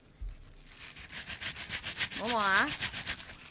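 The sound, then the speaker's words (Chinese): Small beads rattle in quick, steady shakes inside a heavy new-invention gadget shown to listeners, a gritty hissing swish repeating about every fifth of a second, with a short rising voice cutting in partway through. “佢似系嗰啲咧洗碗嗰啲珠啊， 嗯， 即系诶，咪洗衫嗰啲珠，咪洗碗嗰啲珠”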